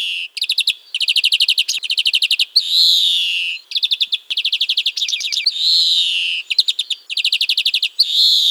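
Bird song: rapid high trills of repeated notes alternating with longer sweeping phrases, the pattern recurring several times.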